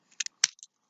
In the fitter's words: unique actually almost locks into a little position this is where it locks like back in there if you could see it they